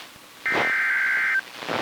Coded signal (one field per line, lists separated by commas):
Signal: Emergency Alert System (SAME) tones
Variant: header bursts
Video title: The Severe Weather Curse - EAS Alerts from my vacation [EAS #166-179]